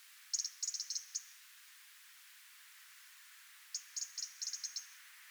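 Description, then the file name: European robin calling with sharp ticks, two rattling bursts of several clicks each, a few seconds apart. "Erithacus rubecula"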